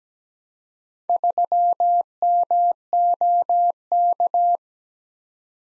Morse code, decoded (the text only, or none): 3MOK